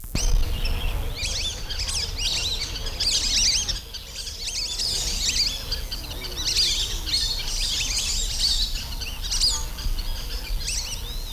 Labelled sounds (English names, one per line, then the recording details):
Lesser Whistling Duck
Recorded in captivity
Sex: diverse
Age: adult
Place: Tierpark Berlin, Berlin, DE
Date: 1994-07-09 10:20
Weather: heiter, 16-20°C, böiger Wind
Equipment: Marantz CP 430, Sennheiser ME 80, Kopie Uher Variocord 263
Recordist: Tembrock, Günter